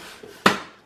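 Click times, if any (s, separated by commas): 0.5 s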